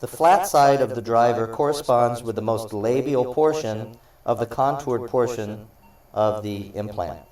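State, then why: Not seated. An internal driver is being lined up with a contoured Zimmer one-piece dental implant still in its packaging, with the flat side of the driver matching the most labial part of the implant's contoured portion. Someone talks throughout. Nothing has seated or clicked yet.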